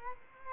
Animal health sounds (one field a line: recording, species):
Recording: mosquito wingbeat signal from an infrared sensor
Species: Culex quinquefasciatus